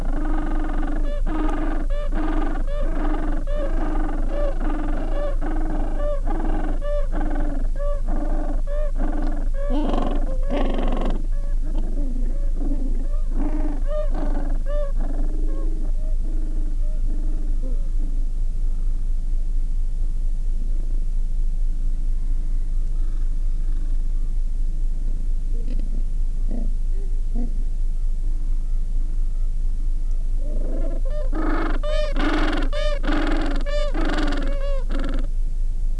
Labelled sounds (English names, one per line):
Gentoo Penguin